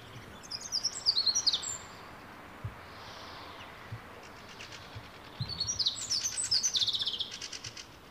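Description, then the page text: Common chaffinch song: two brief phrases of high, quick, descending notes, the second ending in a fast rattling trill, with a quiet gap between them. Wild individual with a highly aberrant repertoire in pre-breeding season; 173 songs of nine song types recorded, including elements resembling wren and nuthatch imitations, with unusual song syntax. "Chaffinch Fringilla coelebs. Ornis Fennica"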